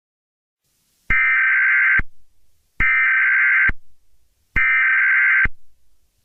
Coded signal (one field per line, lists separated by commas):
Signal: Emergency Alert System (SAME) tones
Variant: header bursts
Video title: Station KBB85 and WATC radio required monthly and weekly EAS tests